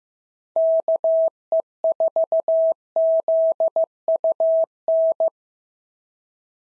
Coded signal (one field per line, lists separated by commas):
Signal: Morse code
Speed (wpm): 15 wpm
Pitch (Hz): 650 Hz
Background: none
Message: KE4ZUN